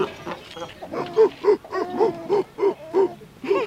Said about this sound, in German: Die sind ja lustig. Na ja, das sind die Robben oder Seehunde, nicht?